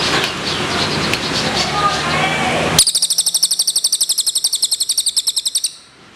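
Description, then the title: Bird song: after a loud rushing background, a rapid run of sharp high chirps starts abruptly and repeats steadily for about three seconds, then stops. "SUARA BURUNG"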